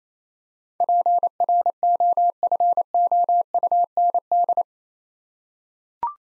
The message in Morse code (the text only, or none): PROFOUND